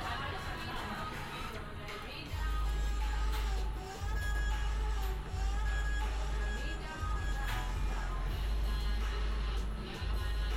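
A binaural field recording made in Amsterdam: a busy mix of faint voices and scattered clicks over a constant murmur. At about two seconds a heavy, deep rumble swells in, like a passing vehicle. It holds to the end, briefly dropping out a few times.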